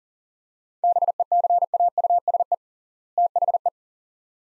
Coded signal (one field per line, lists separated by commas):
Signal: Morse code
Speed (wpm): 40 wpm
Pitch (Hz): 700 Hz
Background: none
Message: BECAUSE THE